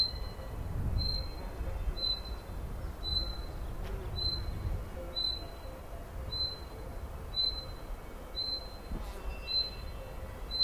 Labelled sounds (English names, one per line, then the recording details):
Common Chaffinch call
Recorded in the wild
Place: Brand, Alpen, Vorarlberg, AT
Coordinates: 47.0839, 9.70417
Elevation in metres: 1604
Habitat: coniferous forest
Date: 2010-07-20 12:20
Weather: sunny, 20°C, weak winds
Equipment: Sound Devices 702, Sennheiser MKH 70, Rycote Windschutz
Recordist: Frommolt, Karl-Heinz